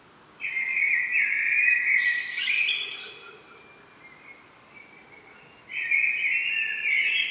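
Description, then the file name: Common blackbird giving two warbled whistled phrases, the first trailing off, the second starting after a pause. "Turdus merula"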